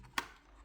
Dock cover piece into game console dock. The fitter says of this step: and it will snap into place.